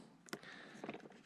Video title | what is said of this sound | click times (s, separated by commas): HobbyZone Aeroscout from Horizon Hobby, More Than a Trainer | And you will feel them and hear them click when they go on there. | 0.3 s